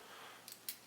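Two small tabs on a plastic armour piece for a Myth Cloth Mermaid Thetis collectible figure are fitted onto the figure's body, first one and then the second. Two short clicks sound at 0.5 s and 0.7 s, the second louder, over a quiet background. The armour piece is seated and now holds.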